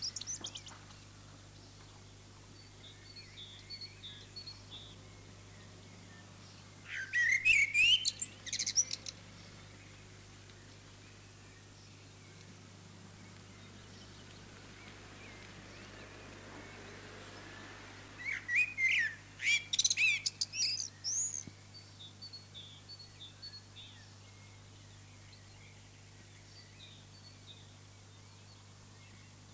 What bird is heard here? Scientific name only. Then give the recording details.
Turdus merula. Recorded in the wild. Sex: male. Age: adult. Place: Lübars, Benekendorffstraße, Berlin, DE. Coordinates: 52.6167, 13.3469. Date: 2006-05-02 19:25. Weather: sunny, 15°C. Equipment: Grundig CR 110, Sennheiser ME 80, Kopie Uher 4000 Report Monitor. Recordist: Tembrock, Günter. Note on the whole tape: Gesang (zusammenhängend aufgenommen)